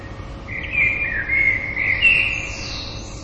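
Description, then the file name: Common blackbird song, a low fluted warbling phrase of several slurred notes, ending in a thin high twitter, over a steady background hiss. "merles"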